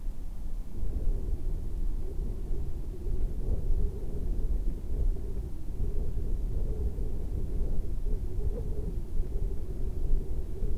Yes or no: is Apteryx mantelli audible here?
no